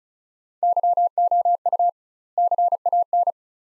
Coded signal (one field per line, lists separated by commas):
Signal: Morse code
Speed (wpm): 34 wpm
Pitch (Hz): 700 Hz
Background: none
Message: YOU CAN